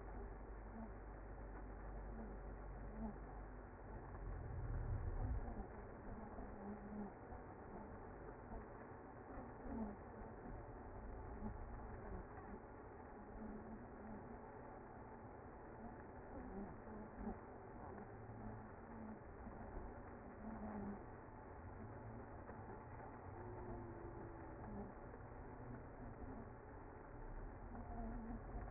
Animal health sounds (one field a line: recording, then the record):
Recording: honeybee colony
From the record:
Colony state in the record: active